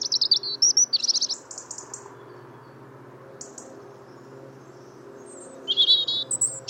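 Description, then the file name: European robin song: thin, high warbled phrases at the start and again near the end, with a quiet stretch between and a steady low hum underneath. "Erithacus rubecula"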